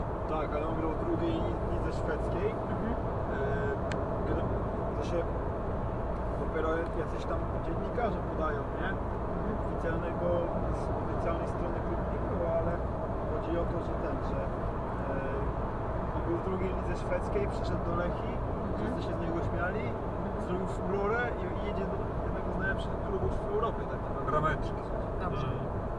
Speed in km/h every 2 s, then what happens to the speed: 105, 104, 105, 105, 105, 105, 105, 105, 104, 106, 102, 98, 93.
0-19 steady at about 105. 19-26 slows to 93.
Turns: none.